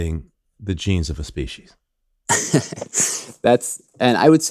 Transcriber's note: laughs